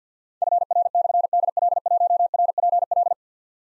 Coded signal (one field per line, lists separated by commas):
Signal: Morse code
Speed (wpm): 52 wpm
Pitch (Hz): 700 Hz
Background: none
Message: FR/DL1RPL